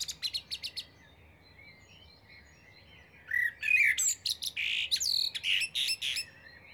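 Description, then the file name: Common blackbird song, opening with the tail of high squeaky notes, then after a pause a full fluted warble dissolving into thin twittering. "Turdus merula"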